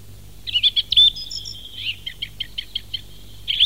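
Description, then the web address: Song thrush phrases: a brisk rattled group of high notes, then one clipped note repeated about eight times in a steady run. "fugler maaltrost"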